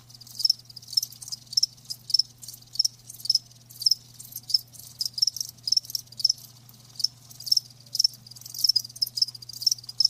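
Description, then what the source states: Crickets chirping in short high-pitched pulses, about two per second, steady and continuous over a faint low hum. Live crickets chirping, a lulling song.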